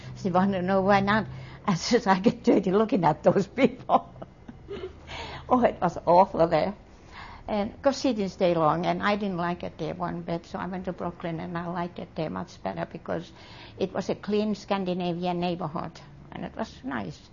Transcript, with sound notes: She wanted to know why not, I says, "I'll get dirty looking at those people." (She laughs) Oh, it was awful there, and of course, she didn't stay long and I didn't like it there one bit, so I went to Brooklyn, and I liked it there much better because it was a clean, Scandinavian neighborhood and it was nice.